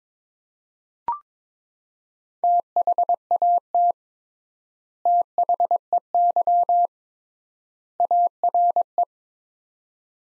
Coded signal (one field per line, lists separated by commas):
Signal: Morse code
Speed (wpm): 22 wpm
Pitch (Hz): 700 Hz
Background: none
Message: THAT THEY ARE